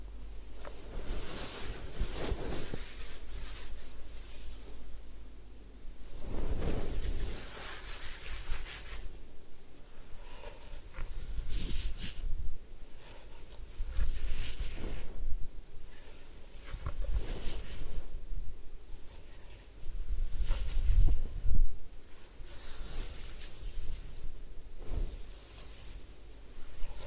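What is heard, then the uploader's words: Head spa hair wash and massage, with soft rustling and rubbing that comes and goes in uneven bursts. Brighter scratchy swells rise around 2, 7, 12, 15 and 21–23 seconds, between quieter stretches over a steady low hum. Head Spa Hair Wash, Massage, Ear Cleaning.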